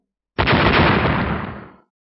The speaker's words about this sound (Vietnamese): Những tiếng nổ vang dội đất trời, hư không nơi hai vật đụng vào nhau thình lình vỡ vụn, hiện ra từng đạo vết rách không gian, vừa xuất hiện nhanh chóng khép lại như chưa hề xuất hiện.